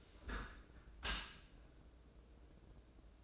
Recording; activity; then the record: daily activity, microphone in the room; close dishwasher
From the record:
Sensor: 2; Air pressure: 1012.2 hPa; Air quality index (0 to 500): 147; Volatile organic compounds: 2 ppm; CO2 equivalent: 1076 ppm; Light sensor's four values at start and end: 298/731/297/301 and 303/744/302/307